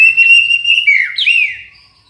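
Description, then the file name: White-rumped shama song: a sustained clear whistle that turns into sliding, warbling phrases dipping and rising in pitch before fading out. Borneo. "murai batu borneo"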